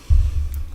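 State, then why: Seated. A plastic scissor-mechanism key lifter on a MacBook Pro keyboard, which came out because the keyboard was broken, is pushed down into place. A low rumble starts at about 0.1 s and continues, then a short, sharp, high click is heard at 0.5 s. The lifter snaps in and sits seated in its proper location.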